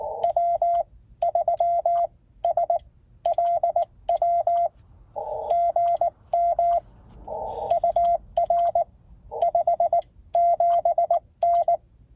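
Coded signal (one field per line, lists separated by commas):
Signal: Morse code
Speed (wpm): 19 wpm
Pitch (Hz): 690 Hz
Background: none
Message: W3SLW GM UR 57N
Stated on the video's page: CW/Morse parks on the air (POTA) activation from a mobile station with a guyed HF mobile antenna, parked in a state forest parking lot.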